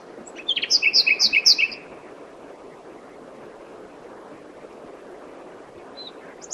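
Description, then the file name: Common nightingale song: a rhythmic run of paired chirping notes repeated about four times a second, then quiet with a few faint notes. "Luscinia megarhynchos"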